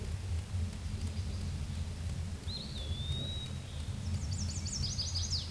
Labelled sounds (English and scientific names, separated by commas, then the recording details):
Eastern Wood-Pewee (Contopus virens) song
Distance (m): 30 m
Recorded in a Pennsylvania forest on 18 May 2023 at 13:53
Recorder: AudioMoth, point grid1_38_low
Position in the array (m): 245 m, 149 m